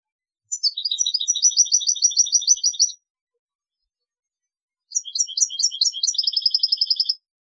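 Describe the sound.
European goldfinch song: two bursts of rapid, tinkling, twittering notes separated by a silent pause.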